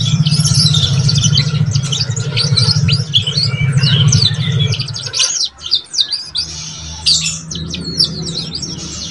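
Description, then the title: Belgian canary chirping song, a busy stream of short high chirps and twitters over a steady low hum, thinning out midway before resuming. Belgian canary song used to warm up and stimulate young canaries so they start singing and twittering quickly. "Canto Para Esquentar Canário Belga. SUARA KENARI PAUD CUIT CUIT BELAJAR BUNYI - pancingan kenari paud muda agar cepat bunyi dan ngeriwik"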